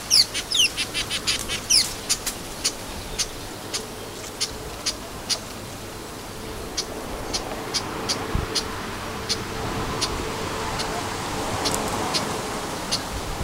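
Orange weaver calls: a rapid cluster of high, squeaky chirps opens, then dry ticking notes repeat about twice a second.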